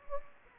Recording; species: mosquito wingbeat signal from an infrared sensor; Anopheles gambiae